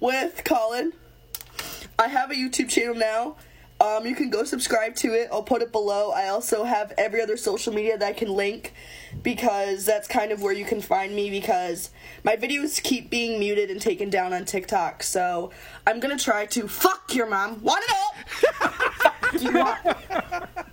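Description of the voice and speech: Adult woman speaking conversationally, with sudden shouted vocal tics of Tourette syndrome breaking into her sentences: coprolalia, with curse words and obscene phrases yelled out mid-speech.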